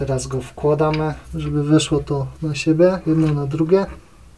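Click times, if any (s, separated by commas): none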